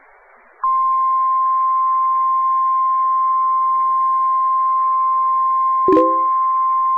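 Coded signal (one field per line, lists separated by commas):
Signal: Emergency Alert System (SAME) tones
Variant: 1050 Hz attention tone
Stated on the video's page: Recorded from an online stream of a NOAA Weather Radio station in Melbourne, Florida, carrying Hurricane Sandy alerts.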